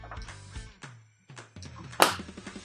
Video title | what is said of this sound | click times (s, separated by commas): How to change wireless device batteries for your security system! | and then you're going to push it back into place till it clicks and sits perfectly | 2.0 s